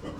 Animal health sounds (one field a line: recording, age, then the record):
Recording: pig call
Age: growing-finishing pig (85 days or more)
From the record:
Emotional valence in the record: positive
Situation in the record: run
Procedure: transit